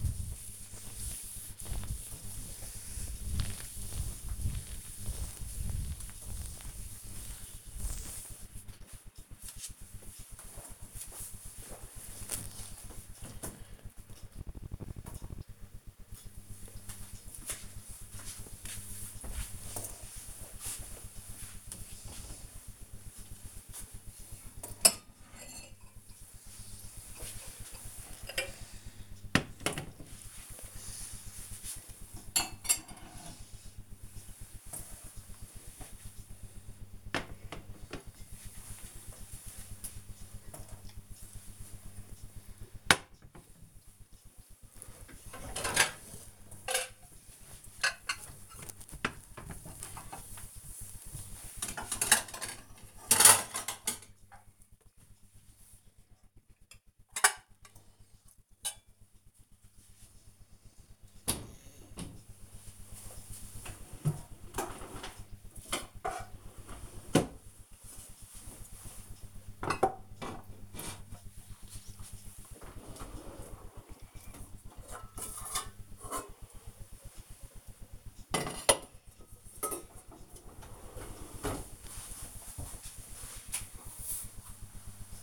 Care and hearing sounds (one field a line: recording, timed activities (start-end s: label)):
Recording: household activities, microphone on the right wrist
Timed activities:
0.00-8.12 s: cleaning table